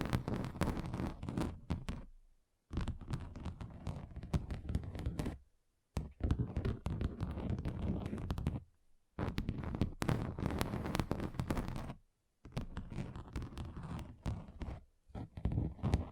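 Fingers tap rapidly on a table surface in dense, uneven bursts, each a few seconds long and separated by short silences near 2.5, 5.5, 9 and 12 seconds. The taps are sharp and clicky with a low thumping body, and each burst sounds slightly different.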